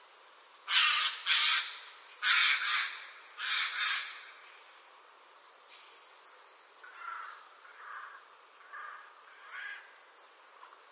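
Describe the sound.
Eurasian jay giving three loud harsh screeches, followed by softer rasping notes while thin high whistles of other birds sound in the background.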